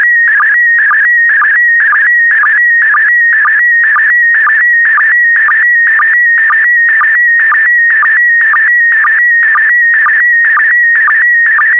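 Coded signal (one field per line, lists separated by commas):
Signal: SSTV (slow-scan television)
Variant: PD120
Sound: steady high warbling tone with a short low blip about twice a second, buzzy patches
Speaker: complete you can now check your decoded image against the picture that is shown on the video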